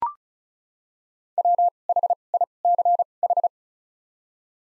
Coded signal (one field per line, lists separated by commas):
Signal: Morse code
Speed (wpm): 36 wpm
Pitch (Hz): 700 Hz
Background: none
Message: W H I C H